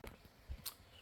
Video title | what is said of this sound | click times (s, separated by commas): 🔴 HOW IT'S DONE UNLIMITED STREAMING on Sony ZV-E10 as a WEBCAM [NO CAMLINK] | And there we go. So you just push it down and you will hear a click | 0.1 s